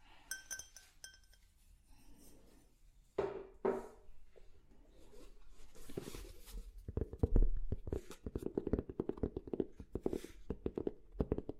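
Tapping on different objects, starting with a few light ringing clicks, then scraping and rubbing sounds around three to six seconds. From about seven seconds a fast, irregular run of dense knocks and taps takes over, louder and woody, continuing to the end.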